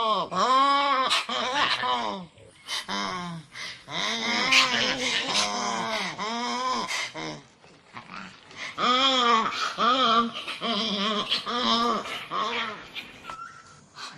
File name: Fossa